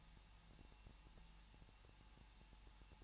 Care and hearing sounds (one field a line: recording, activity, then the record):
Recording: daily activity, microphone in the room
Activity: no activity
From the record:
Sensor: 1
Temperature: 20.1 degrees Celsius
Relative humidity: 39.2%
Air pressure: 1006.3 hPa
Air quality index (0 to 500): 218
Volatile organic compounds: 78 ppm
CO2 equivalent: 3591 ppm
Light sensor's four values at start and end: 1/2/1/1 and 1/2/1/1